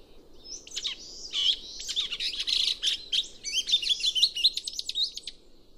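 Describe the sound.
Chestnut-cheeked starling calling in a continuous jumble of high squeaks, slurred whistles and scratchy notes, run together with hardly a break.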